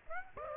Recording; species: mosquito wingbeat signal from an infrared sensor; Aedes aegypti